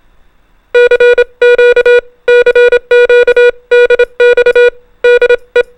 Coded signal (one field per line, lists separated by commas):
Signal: Morse code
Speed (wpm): 25 wpm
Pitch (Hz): 490 Hz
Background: music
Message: CQ CQ DX DE